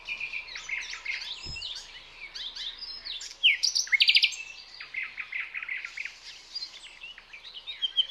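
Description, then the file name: Common nightingale song: a dense, varied stream of chirps and whistles, with a louder burst of pulsed notes in the middle. "Luscinia megarhynchos"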